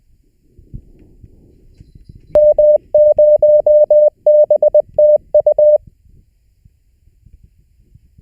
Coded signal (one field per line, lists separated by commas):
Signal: Morse code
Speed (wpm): 20 wpm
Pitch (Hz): 600 Hz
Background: none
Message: M0BTU